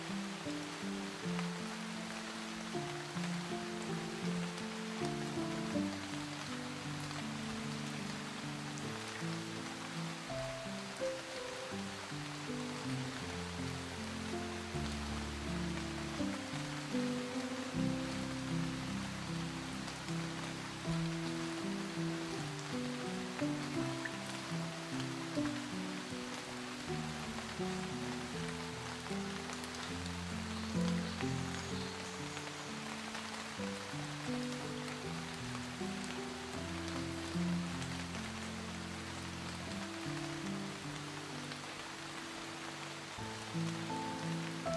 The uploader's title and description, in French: PLUIE Douce en Forêt et MELODIES Apaisantes. Laissez-vous bercer par les harmonies délicates de la pluie qui caressent les feuilles des arbres, accompagnées d'une musique apaisante